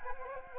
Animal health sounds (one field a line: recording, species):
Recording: mosquito wingbeat signal from an infrared sensor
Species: Anopheles gambiae